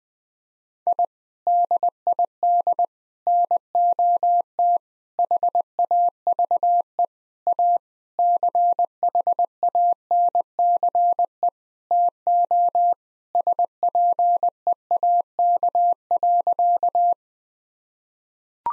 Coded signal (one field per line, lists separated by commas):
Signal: Morse code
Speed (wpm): 20 wpm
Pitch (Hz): 700 Hz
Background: none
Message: I DID NOT HAVE A CHANCE TO SPEAK.